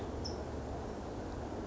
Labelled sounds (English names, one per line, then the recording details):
California Towhee
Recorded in Sonoma County, California